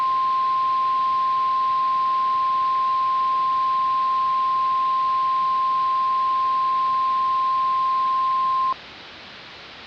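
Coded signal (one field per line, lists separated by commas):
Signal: Emergency Alert System (SAME) tones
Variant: 1050 Hz attention tone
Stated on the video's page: Fake, fictional EAS scenario made for entertainment.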